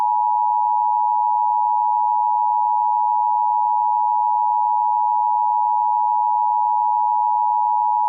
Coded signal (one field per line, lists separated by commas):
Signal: Emergency Alert System (SAME) tones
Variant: 853 and 960 Hz attention tone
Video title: EAS Child Abduction Emergency On TV